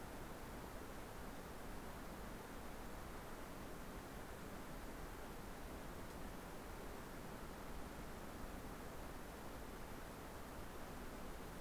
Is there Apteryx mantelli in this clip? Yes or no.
no